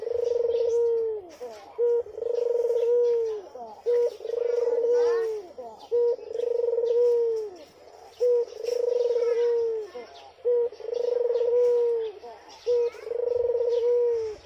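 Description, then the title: Barbary dove cooing: a short note then a long rolling coo, repeated about every two seconds, with faint chirps of small birds in the background. White Barbary dove (puter putih), a masteran training sound played to songbirds. "Kicau Mania Masteran Burung Puter Putih"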